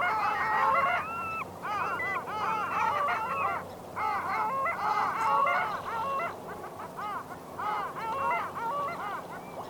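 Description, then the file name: Long-tailed duck calls: a dense chorus of nasal, yodelling notes with arched rising-falling shapes, overlapping continuously in bursts with brief lulls near four and six seconds. "Moryanka Clangula hyemalis"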